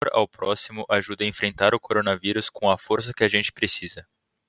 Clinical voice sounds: spoken sentence; Brazilian Portuguese; male; 20 to 29 years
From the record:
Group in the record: control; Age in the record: 20 years

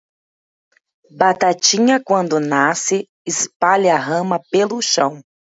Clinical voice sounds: short text; Brazilian Portuguese; female; 30 to 39 years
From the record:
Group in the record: control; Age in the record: 34 years

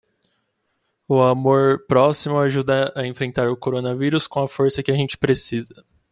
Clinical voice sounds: spoken sentence; Brazilian Portuguese; male; 20 to 29 years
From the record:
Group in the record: control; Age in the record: 24 years

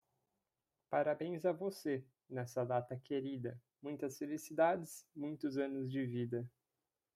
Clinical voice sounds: short text; Brazilian Portuguese; male; 20 to 29 years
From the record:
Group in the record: control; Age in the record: 22 years

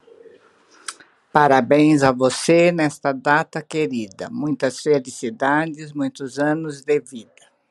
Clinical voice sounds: short text; Brazilian Portuguese; female; 70 to 79 years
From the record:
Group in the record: control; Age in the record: 76 years

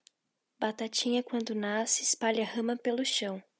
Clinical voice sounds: short text; Brazilian Portuguese; female; 18 to 19 years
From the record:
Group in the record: control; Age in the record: 18 years

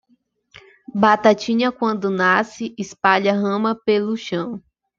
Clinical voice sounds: short text; Brazilian Portuguese; female; 20 to 29 years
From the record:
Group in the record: control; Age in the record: 26 years

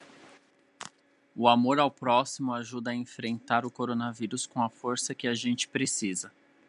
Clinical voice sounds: spoken sentence; Brazilian Portuguese; female; 40 to 49 years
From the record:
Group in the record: control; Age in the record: 40 years

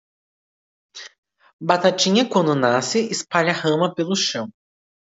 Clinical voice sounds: short text; Brazilian Portuguese; male; 20 to 29 years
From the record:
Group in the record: control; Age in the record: 22 years

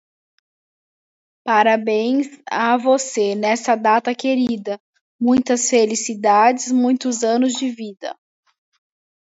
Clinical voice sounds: short text; Brazilian Portuguese; female; 20 to 29 years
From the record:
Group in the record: control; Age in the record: 22 years

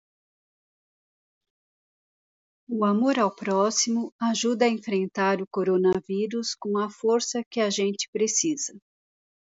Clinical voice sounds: spoken sentence; Brazilian Portuguese; female; 60 to 69 years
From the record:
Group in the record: control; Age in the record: 67 years

